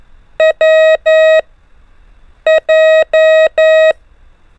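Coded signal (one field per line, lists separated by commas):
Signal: Morse code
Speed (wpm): 11 wpm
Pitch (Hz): 630 Hz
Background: none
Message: W J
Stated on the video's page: Morse code lesson on letters A, W and J with increasing speed.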